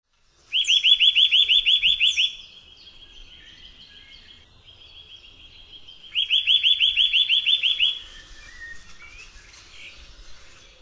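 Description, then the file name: Eurasian nuthatch giving rapid trills of rising whistled notes, two bursts under two seconds long, with softer whistles between and a few higher notes at the start. "KOWALIK"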